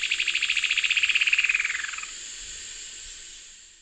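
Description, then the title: Bird song: a rapid buzzy trill of even pulses that slides gently downward and fades after about two seconds, followed by a soft hiss. "LuckyPassaro Completos2Sama"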